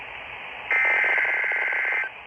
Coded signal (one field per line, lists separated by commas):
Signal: Emergency Alert System (SAME) tones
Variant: header bursts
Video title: EAS Alerts from 8/9-8/11 (EAS #202-217)